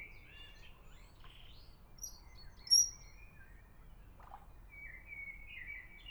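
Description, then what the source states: Eurasian otter giving thin, wavering high whistles, some long and level, some sliding, scattered throughout, with brief sharper chirps above and faint low background noise. Whistle calls given while swimming.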